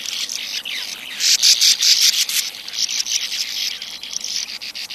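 Sand martin calls: dry, buzzy rasps in quick overlapping bursts, loudest in the middle.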